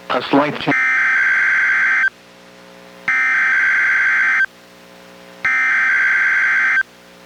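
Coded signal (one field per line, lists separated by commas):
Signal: Emergency Alert System (SAME) tones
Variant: header bursts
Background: speech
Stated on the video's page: NOAA Weather Radio required weekly test from NWS, relayed by a weather radio station, received on a Reecom R-1630 weather radio.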